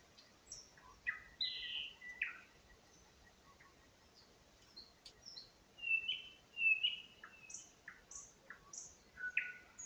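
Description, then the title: Nightingale singing a varied run of high whistles, quick chirps and down-slurred notes, phrases separated by short pauses, over a soft hiss. Singing in spring near Huncha, Vinnytsia Oblast, Ukraine. "Unnamed Road, Гунча, Вінницька область, Україна, 23724-Spring, nightingale singing"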